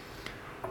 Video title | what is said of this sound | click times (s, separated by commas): How an Evinrude gearbox works advanced look pt2. - outboard gear shifting - forward / reverse | the second you pass these two it kind of pops into place and allows | 0.3 s, 0.6 s